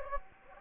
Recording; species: mosquito wingbeat signal from an infrared sensor; Anopheles gambiae